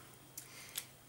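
A removable eyeshadow palette insert is taken out of a magnetic, clip-in makeup palette case. Two short, sharp clicks sound at 0.4 s and 0.8 s over a quiet background, and the clipped insert pops out, released from the case.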